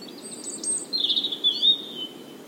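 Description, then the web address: European robin giving one short, high phrase of quick twittering notes that trails off into a thin, drawn-out whistle. "SETE Erithacus rubecula"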